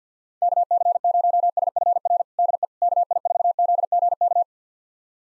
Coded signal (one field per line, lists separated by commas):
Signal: Morse code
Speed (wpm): 50 wpm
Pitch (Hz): 700 Hz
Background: none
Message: KC0SFR DE KI4ZGK